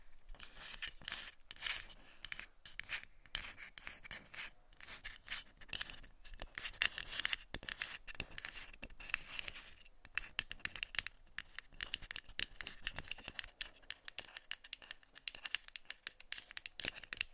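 Tapping and scratching on a surface, a dense run of short, crisp strokes and taps that goes on without a break for the whole stretch. The sounds are bright and papery, coming in quick, uneven bursts with sharper taps scattered throughout.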